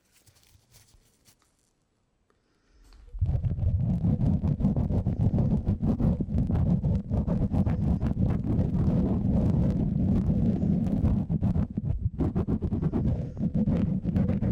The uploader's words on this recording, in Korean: 마이크를 팁브러시로 슥슥 ASMR (feat. 라텍스장갑, no talking).